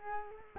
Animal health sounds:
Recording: mosquito wingbeat signal from an infrared sensor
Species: Culex quinquefasciatus

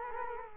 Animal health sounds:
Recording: mosquito wingbeat signal from an infrared sensor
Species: Culex quinquefasciatus

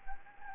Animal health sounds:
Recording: mosquito wingbeat signal from an infrared sensor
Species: Anopheles gambiae

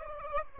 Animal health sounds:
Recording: mosquito wingbeat signal from an infrared sensor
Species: Aedes albopictus

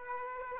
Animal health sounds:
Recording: mosquito wingbeat signal from an infrared sensor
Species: Aedes aegypti

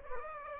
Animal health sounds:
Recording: mosquito wingbeat signal from an infrared sensor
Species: Aedes aegypti

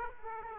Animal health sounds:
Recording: mosquito wingbeat signal from an infrared sensor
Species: Aedes aegypti

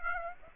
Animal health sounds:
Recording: mosquito wingbeat signal from an infrared sensor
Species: Aedes aegypti

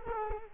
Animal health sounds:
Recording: mosquito wingbeat signal from an infrared sensor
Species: Culex quinquefasciatus

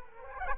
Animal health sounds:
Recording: mosquito wingbeat signal from an infrared sensor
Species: Culex quinquefasciatus

